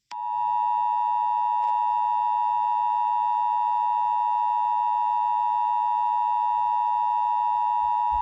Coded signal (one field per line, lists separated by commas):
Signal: Emergency Alert System (SAME) tones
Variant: 853 and 960 Hz attention tone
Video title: EAS SCENARIO 28: Attack Of The Nightmare Critters